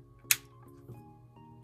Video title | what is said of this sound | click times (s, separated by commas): AFFORDABLE 10.2" RGB Ring Light - UNBOXING & REVIEW - AMAZON | And this goes around. To clip. Snaps | 0.3 s